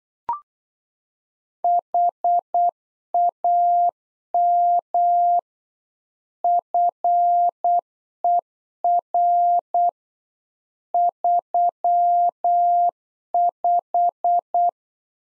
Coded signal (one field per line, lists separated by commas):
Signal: Morse code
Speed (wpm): 8 wpm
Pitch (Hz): 700 Hz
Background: none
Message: HAM FER 35